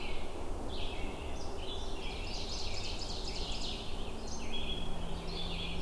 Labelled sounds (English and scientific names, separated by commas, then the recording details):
Ovenbird (Seiurus aurocapilla) song
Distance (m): 85 m
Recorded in boreal forest in Alberta, Canada, on 21 June 2016 at 08:10
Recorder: SongMeter 3, array SBT-6-76
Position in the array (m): 139 m, -13 m
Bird 2